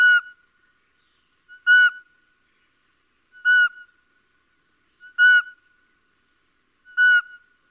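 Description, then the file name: Little owl uttering a clear, plaintive whistled call five times, each note short and falling slightly, spaced around 1.7 seconds apart with nothing else audible. "Civetta"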